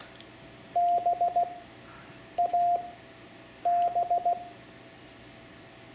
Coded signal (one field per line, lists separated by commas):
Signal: Morse code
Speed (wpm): 16 wpm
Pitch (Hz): 700 Hz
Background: none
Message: BAB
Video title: Learning CW for Ham Radio (Lesson 1) Morse Code letters A-D, Amateur Radio